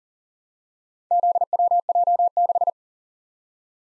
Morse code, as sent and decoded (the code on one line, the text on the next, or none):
--.. .-- .--- -....
ZWJ6